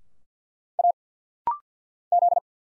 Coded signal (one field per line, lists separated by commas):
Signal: Morse code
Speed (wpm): 50 wpm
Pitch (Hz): 700 Hz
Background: none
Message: A Z